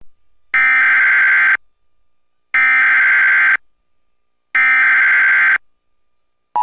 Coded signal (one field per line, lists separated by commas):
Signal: Emergency Alert System (SAME) tones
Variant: header bursts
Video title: EAS Flash Flood Warning Corozal & Toa Alta, Puerto Rico Apr 19 2025